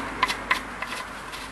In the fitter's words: it clicks a couple of times